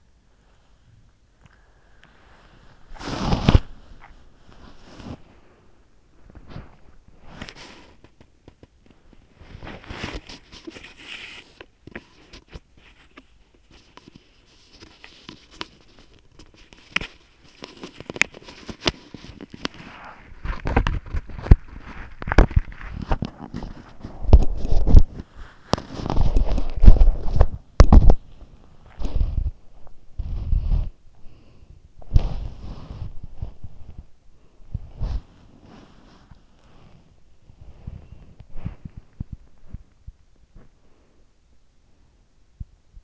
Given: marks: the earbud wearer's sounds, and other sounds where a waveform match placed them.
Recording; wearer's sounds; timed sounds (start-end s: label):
sounds in sleep by an in-ear microphone; body movement, breath
0.00-43.04 s: body movement
30.40-32.01 s: breath
40.71-42.71 s: breath